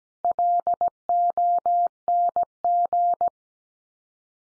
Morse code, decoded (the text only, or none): LONG